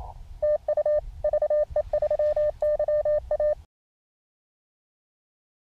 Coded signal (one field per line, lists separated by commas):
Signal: Morse code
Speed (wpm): 26 wpm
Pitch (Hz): 600 Hz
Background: none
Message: TU VE3YA